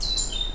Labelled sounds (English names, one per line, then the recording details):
Stitchbird song
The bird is a male
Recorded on Tiritiri Matangi Island, New Zealand, in 2005
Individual 3, of nest box 3